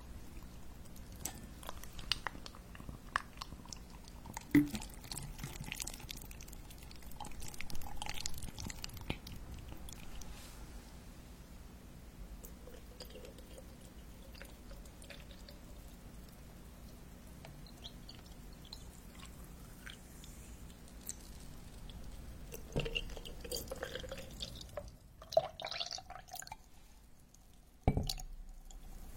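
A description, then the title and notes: Quiet ear-picking and kitchen sounds: scattered soft clicks, taps and drip-like ticks over a steady low hum. Brief louder rustling bursts come around 8, 23 and 28 seconds, with calmer stretches between. 5D ear picking massage, make matcha milk almond cookies hazelnut cake, etc.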